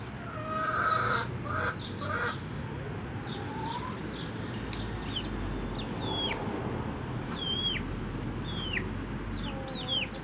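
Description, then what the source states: Chicken sounds: a hen gives several clucks early on, then chicks take over with scattered high downward-sliding peeps. Hens and chicks in the chicken house of the Atelier 34zero museum garden, Jette, Brussels, Belgium; recorded with DPA 4060 microphones in AB position into a Zoom F3.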